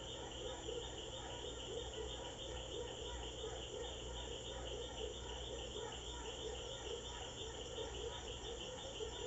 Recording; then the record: honeybee defence experiment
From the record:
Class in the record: control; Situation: empty test tube, no live specimens